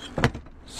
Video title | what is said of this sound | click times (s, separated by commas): CAMPERVAN - Rumah berjalan | all right i'm going to put the tv back up so that's going to pivot up lock into place store | 0.2 s